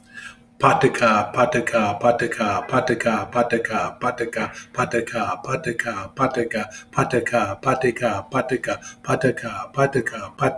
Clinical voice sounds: repeated syllables /pa ta ka/; male; 50 to 59 years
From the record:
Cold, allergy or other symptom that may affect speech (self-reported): no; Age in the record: 52 years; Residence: Missouri, United States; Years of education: 16

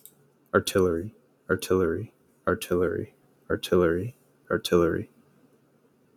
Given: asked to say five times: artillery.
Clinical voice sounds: repeated word; male; 30 to 39 years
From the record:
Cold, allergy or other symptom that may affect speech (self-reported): no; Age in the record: 31 years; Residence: Florida, United States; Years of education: 16

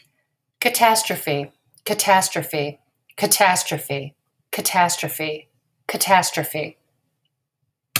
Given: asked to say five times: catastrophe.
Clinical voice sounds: repeated word; female; 50 to 59 years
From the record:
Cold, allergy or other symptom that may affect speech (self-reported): no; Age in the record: 52 years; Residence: Maryland, United States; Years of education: 18

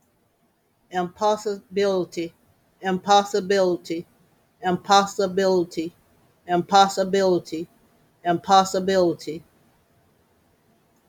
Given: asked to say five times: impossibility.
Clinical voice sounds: repeated word; female; 60 to 69 years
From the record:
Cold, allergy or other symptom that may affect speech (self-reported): no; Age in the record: 67 years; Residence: South Carolina, United States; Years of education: 14

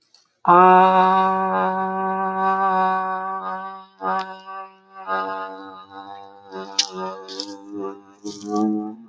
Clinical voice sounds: vowel held as long as possible; female; 60 to 69 years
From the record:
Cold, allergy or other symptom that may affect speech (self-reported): no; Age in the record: 68 years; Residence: Georgia, United States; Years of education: 16

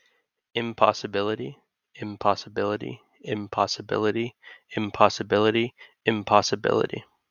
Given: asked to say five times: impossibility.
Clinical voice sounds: repeated word; male; 20 to 29 years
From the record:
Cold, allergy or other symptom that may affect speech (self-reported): no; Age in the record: 20 years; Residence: Pennsylvania, United States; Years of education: 15

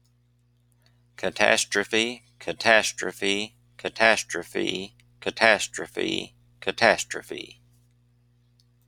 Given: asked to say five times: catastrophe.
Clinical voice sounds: repeated word; male; 50 to 59 years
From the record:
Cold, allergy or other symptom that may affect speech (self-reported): no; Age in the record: 57 years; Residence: Oklahoma, United States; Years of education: 16

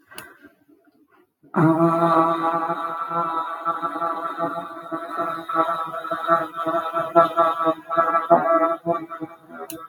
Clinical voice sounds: vowel held as long as possible; female; 50 to 59 years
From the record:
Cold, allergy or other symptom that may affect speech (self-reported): no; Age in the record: 57 years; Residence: Mississippi, United States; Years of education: 13

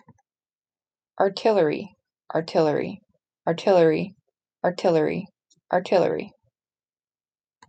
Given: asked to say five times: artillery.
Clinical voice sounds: repeated word; female; 30 to 39 years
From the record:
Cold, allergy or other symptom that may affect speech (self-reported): no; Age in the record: 37 years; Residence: California, United States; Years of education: 15

